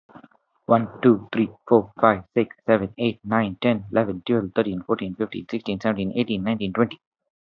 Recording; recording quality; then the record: counting at a fast pace; excellent, no background noise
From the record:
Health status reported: healthy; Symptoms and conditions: none ticked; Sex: male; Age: 30 years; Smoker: not ticked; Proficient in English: yes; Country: India